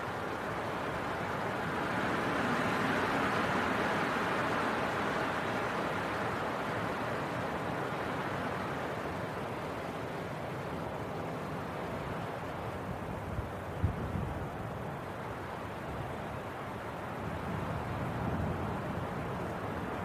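A winter wind storm roars without pause, a dense rushing noise that swells a little around the third second and then eases slightly. Low rumbling gusts surge underneath, with brief buffeting bumps near fourteen seconds and again toward the end.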